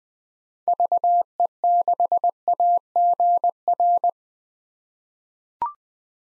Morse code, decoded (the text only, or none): VE6AGR